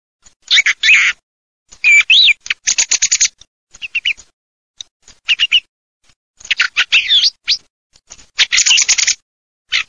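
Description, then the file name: Thrush song: loud, varied phrases of rapid notes and rising-falling whistles, some stuttered, delivered in bursts with short silences between. "tordobs"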